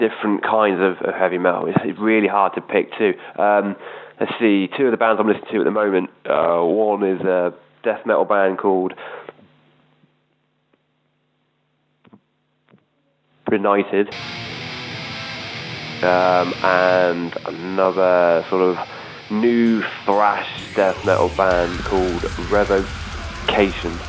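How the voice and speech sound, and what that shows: An adult man from the Weymouth/Dorset area of England speaks conversationally with a stammer. Before one word there is a four-second silent block, and he also uses stretched sounds and fillers.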